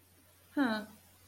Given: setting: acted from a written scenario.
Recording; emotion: vocal sound without words; neutral